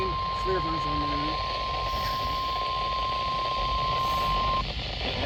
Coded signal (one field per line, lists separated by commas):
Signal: Emergency Alert System (SAME) tones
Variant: 1050 Hz attention tone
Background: speech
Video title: Eas alerts While I am camping eas alerts From 6/24-25/24 (read description)